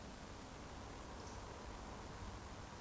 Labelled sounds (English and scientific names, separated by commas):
Eurasian Woodcock (Scolopax rusticola) whistle